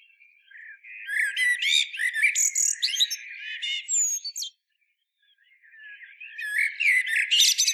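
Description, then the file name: Common blackbird song: quiet warbling notes lead into loud, rapid high-pitched twitters and squeaks, a short pause, then another chattering twitter burst. "Turdus merula"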